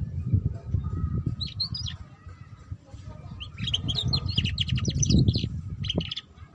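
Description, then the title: Canary song in quick bursts of high chirps and short trills, starting after a second and returning near four seconds, over a low rumbling background noise and a faint steady hum. Belgian canary; song to warm up and stimulate canaries to sing, for canaries learning the ngeriwik sound, suited as a lure for ngeriwik canaries. "Canto Para Esquentar Canário Belga. Suara Kenari Belajar Bunyi Ngeriwik || Cocok Untuk Pancingan Kenari Ngeriwik"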